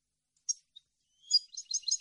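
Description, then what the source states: European goldfinch singing: a lone high note, a faint tick, then a fast, tumbling run of liquid twitters. Clean goldfinch song meant for birds to copy, for song training.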